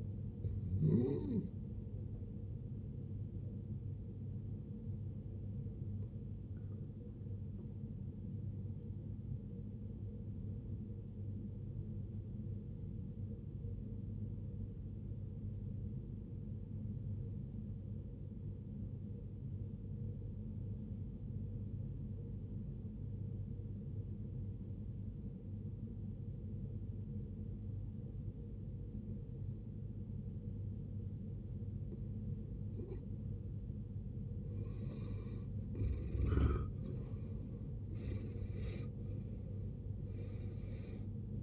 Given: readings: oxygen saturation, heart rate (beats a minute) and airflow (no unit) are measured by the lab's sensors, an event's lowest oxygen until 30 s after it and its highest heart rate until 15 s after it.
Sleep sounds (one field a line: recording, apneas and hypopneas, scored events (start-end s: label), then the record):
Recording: breathing in sleep by a smartphone at the bedside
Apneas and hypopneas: 1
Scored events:
3.00-41.43 s: new sleep stage, N1 (lightest sleep)
11.00-35.20 s: obstructive apnea (N1, oxygen 94% highest, then 72% lowest, heart rate 60 at the start, 78 highest)
From the record:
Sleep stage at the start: N2 (light sleep)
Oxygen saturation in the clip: 73 to 94%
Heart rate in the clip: 52 to 77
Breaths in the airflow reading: 4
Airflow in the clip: -16.2 to 16.1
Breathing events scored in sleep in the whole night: 389 in 6.3 hours asleep